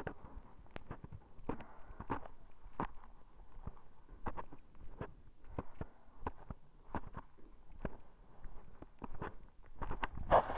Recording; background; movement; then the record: deep breathing; quiet; walking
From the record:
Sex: female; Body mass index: 18.8 kg/m2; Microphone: on the chest, facing the body